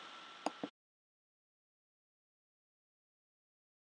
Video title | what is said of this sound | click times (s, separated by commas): T3 '87 Vanagon: Replacing Brake Light Switch | and then it should snap in place you | 0.5 s